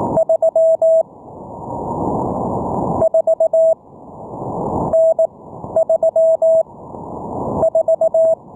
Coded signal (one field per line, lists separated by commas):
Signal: Morse code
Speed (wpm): 18 wpm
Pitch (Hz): 650 Hz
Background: none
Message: 3 4 N 3 4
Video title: CW Morse Code QSO's 02 May 2020 - Real QSO's